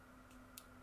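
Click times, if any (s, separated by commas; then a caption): 0.6 s. The upper, buckle half of an Apple Watch SE (2022) band is slid into the band slot on the top of the watch case over a low, steady hum. A faint sliding rasp comes at about 0.3 s, then a sharp, brief click at 0.6 s as the band seats and locks into place.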